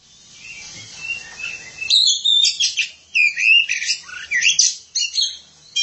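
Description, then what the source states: Oriental magpie-robin song: a quick, continuous stream of sweet whistles, slurred rising and falling notes and scratchy chips, starting after a quiet opening. Kacer song.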